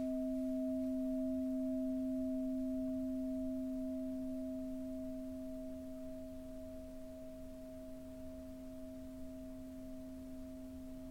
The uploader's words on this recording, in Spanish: Sesion de cuencoa para armonizar cuerpo, mente y alma.